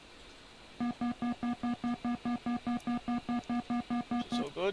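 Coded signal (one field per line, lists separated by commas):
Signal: none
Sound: flight sim cockpit beeps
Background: speech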